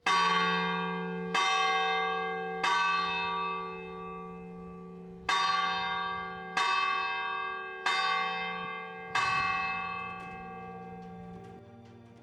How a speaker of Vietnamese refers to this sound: Lâu lắm rồi ông Kha mới được đánh kẻng, cũng lâu lắm rồi tiếng kẻng mới vang lên trong thôn Phượng Bãi. Tiếng kẻng ngân vang như là một thông điệp gửi tới tất cả bà con dân thôn. Tiếng kẻng triệu tập.